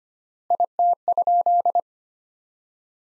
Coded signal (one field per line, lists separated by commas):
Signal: Morse code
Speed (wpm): 25 wpm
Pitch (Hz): 700 Hz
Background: none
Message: IT?